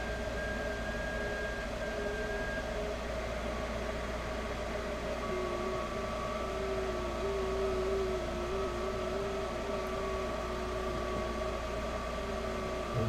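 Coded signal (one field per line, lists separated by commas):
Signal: FT8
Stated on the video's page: Live 6 m FT8 amateur radio stream.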